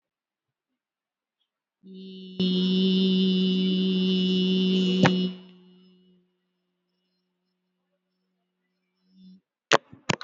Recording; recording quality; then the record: sustained vowel as in beet; excellent, no background noise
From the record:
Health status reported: healthy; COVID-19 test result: not tested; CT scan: not taken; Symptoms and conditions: breathing difficulty, hypertension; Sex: female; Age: 73 years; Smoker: no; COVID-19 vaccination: both doses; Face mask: worn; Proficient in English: yes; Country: India